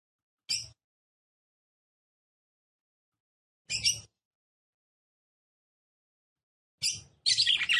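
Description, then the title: Red-cowled cardinal song: two single high chirps about three seconds apart, then a quick chirp leading into a rapid, dense twittering phrase. Female song, described as fiery and nervous, said to quickly arouse and excite a male. "CANTO DA FÊ MEA GALO CAMPINA FOGOSA LEVANTA FOGOESQUENTA GALO CAMPINA MACHO RAPIDINHO FÊ MEA NERVOSA"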